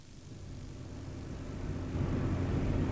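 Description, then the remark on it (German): A car driving along a road around a small grove toward a house's driveway, heard as a steady low engine and road rumble that swells gradually louder over a few seconds, with no voices. “Die Straße, auf der wir fahren, führt um das Wäldchen herum, zum Haus, also zur Einfahrt.”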